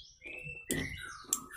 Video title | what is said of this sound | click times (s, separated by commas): Memasang Relay Power Window Pintu Sliding Kanan Daihatsu Espass | kita klik ya termasuk Hai tinggal | 1.3 s